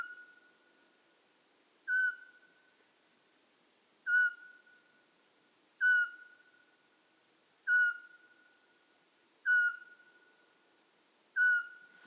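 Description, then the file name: Eurasian pygmy owl giving a clear, mellow whistled note repeated steadily about every two seconds, six times, in otherwise quiet surroundings. "Sperlingskauz - Glaucidium passerinum"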